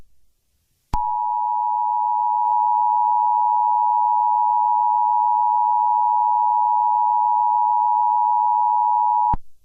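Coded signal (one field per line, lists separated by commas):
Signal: Emergency Alert System (SAME) tones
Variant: 853 and 960 Hz attention tone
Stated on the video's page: Fictional EAS scenario about the hottest day in the history of the world.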